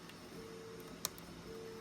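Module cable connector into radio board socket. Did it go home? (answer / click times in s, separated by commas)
yes / 1.0 s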